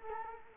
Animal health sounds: mosquito wingbeat signal from an infrared sensor; Culex quinquefasciatus

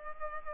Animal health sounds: mosquito wingbeat signal from an infrared sensor; Culex pipiens

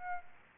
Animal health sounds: mosquito wingbeat signal from an infrared sensor; Aedes aegypti

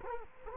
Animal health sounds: mosquito wingbeat signal from an infrared sensor; Culex quinquefasciatus

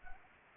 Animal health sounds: mosquito wingbeat signal from an infrared sensor; Anopheles arabiensis

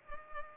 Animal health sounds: mosquito wingbeat signal from an infrared sensor; Culex pipiens

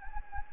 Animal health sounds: mosquito wingbeat signal from an infrared sensor; Anopheles gambiae

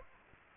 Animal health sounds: mosquito wingbeat signal from an infrared sensor; Aedes aegypti

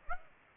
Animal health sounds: mosquito wingbeat signal from an infrared sensor; Aedes aegypti

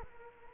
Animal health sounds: mosquito wingbeat signal from an infrared sensor; Culex quinquefasciatus

